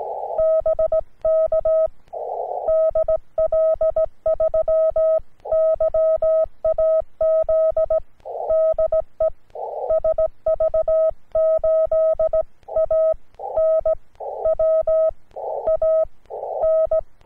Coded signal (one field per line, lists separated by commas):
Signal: Morse code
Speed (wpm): 17 wpm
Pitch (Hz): 640 Hz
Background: none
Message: BK DL3YAZ DE SV8ANWAN